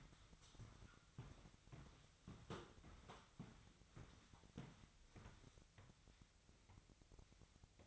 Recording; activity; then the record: daily activity, microphone in the room; walk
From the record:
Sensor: 3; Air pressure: 1001.6 hPa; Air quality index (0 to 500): 225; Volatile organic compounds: 32 ppm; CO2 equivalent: 2992 ppm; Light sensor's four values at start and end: 12/37/16/13 and 12/38/16/14